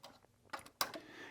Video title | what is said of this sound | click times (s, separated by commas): Get to Know the HandiQuilter 510 Machine with Rob Appell | and I push it to hear it click but my real trick is then I take my thread and as I pull on it | 0.8 s